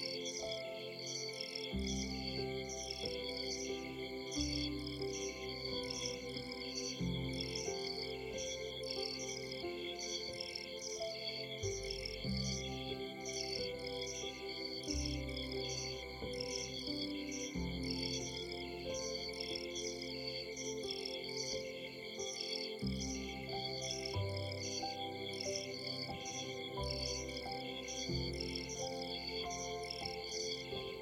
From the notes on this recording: harmonious music meets the soothing sounds of the forest